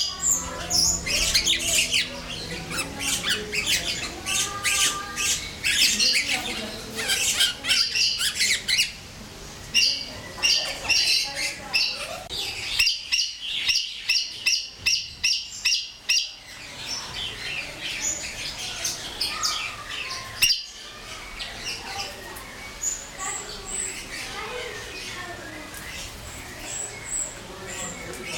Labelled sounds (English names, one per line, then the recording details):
Black-necked Aracari
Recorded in captivity
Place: Zoo Berlin, Berlin, DE
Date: 1996-05-05 13:00
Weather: wolkig, 6-8°C
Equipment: Sony MD-WM MZ-R3, Sennheiser MKH 416 T, Kopie Uher 4000 Report Monitor
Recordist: Tembrock, Günter